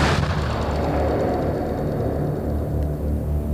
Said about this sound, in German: Plötzlich schoss auf dem Parkplatz neben dem grünen Baum eine riesige Stichflamme empor. Dann folgte ein gewaltiger Knall. Flammen breiteten sich aus und schwarzer Qualm stieg auf. Ist ja irre. Eine Tankexplosion.